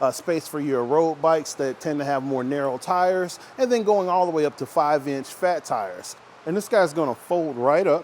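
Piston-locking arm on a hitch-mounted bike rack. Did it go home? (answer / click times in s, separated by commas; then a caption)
no / none. A man talks throughout while the wheel tray arm of a hitch-mounted Kuat Piston Pro X 2 bike rack on a 2018 Buick Enclave is handled and folded up toward position. The piston-locking arm has not clicked or locked yet, and nothing has seated by the end of the clip.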